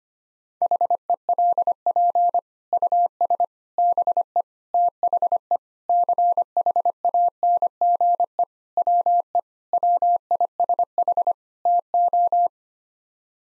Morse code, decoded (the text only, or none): HELP US BE THE CHANGE WE WISH TO